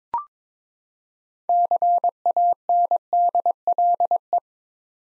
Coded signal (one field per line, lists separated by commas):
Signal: Morse code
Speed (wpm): 22 wpm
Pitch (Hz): 700 Hz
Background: none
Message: CANDLE